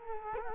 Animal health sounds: mosquito wingbeat signal from an infrared sensor; Culex quinquefasciatus

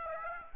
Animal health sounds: mosquito wingbeat signal from an infrared sensor; Aedes aegypti

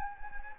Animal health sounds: mosquito wingbeat signal from an infrared sensor; Anopheles gambiae

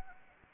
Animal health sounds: mosquito wingbeat signal from an infrared sensor; Anopheles arabiensis

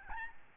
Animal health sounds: mosquito wingbeat signal from an infrared sensor; Aedes albopictus

